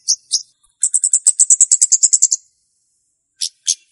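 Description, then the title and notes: Flowerpecker song: two sharp high notes, then a fast, even trill of thin ticks, followed after a pause by two more sharp notes. Song used to lure birds (pikat); local names Kemade, Cabe Cabean. "Kicau Untuk Pancing Burung Kemade ( Cabe Cabean). Suara Burung Cabe Cabean Pikat"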